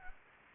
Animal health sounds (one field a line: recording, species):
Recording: mosquito wingbeat signal from an infrared sensor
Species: Anopheles arabiensis